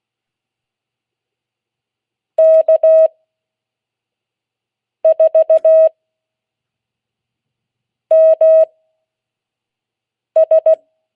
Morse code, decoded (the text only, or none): K4MS